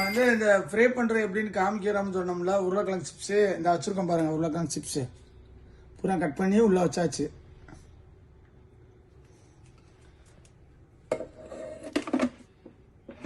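Someone talks while cut potato chips sit inside a Pigeon electric oil-free cooker, then after a quiet stretch, short sharp handling knocks of its lid or basket come at about 11.1 to 12.1 seconds. The lid or basket has not seated or clicked into place yet.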